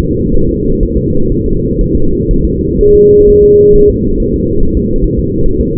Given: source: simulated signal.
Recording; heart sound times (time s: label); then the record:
fetal heart sounds
0.00 s: S2
0.35 s: S1
0.49 s: S2
0.83 s: S1
0.97 s: S2
1.32 s: S1
1.46 s: S2
1.81 s: S1
1.95 s: S2
2.31 s: S1
2.45 s: S2
2.81 s: S1
2.95 s: S2
3.29 s: S1
3.44 s: S2
3.76 s: S1
3.90 s: S2
4.20 s: S1
4.34 s: S2
4.63 s: S1
4.77 s: S2
5.04 s: S1
5.19 s: S2
5.46 s: S1
5.61 s: S2
From the record:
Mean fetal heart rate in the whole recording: 130 bpm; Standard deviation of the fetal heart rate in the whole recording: 4 bpm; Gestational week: 38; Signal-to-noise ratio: -17.7 dB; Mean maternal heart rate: 72 bpm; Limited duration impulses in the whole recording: present